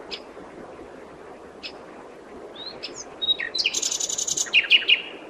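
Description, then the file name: Common nightingale song: scattered soft notes and short upslurs, then a dense, loud rattling trill ending in a few sharp repeated chips. "Luscinia megarhynchos"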